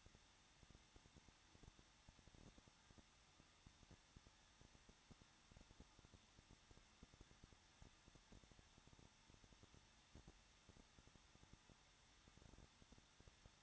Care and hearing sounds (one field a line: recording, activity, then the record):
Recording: daily activity, microphone in the room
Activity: no activity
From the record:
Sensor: 3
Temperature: 21.2 degrees Celsius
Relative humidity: 36.3%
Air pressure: 1006.3 hPa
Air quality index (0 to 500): 222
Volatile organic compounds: 42 ppm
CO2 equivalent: 3178 ppm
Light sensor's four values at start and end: 2/3/2/2 and 2/3/2/2